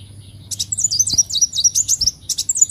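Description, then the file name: Leafbird song: a rapid string of high, thin whistled notes sliding down and up, loosely linked into a chattering phrase. "Tieng chim xanh tim"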